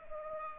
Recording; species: mosquito wingbeat signal from an infrared sensor; Culex pipiens